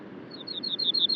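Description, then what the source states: Ortolan bunting song: a quick series of several high, slightly falling double notes, repeated evenly and growing louder. Male singing on a larch at the treeline, about 400 m below Col du Granon (2400 m), Hautes-Alpes above Briançon, at dawn on 23 June 2018.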